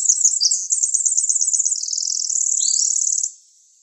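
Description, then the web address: Winter wren singing a long, very fast, high-pitched trill that runs unbroken for over three seconds with a brief lower slurred note near the end. Recorded in Arizona on 26 June 2006. "Wrens Kinglets Gnatcatchers AZFO WIWR COONS 062606"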